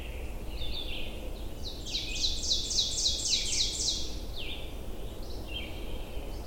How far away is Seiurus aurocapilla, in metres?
about 25 m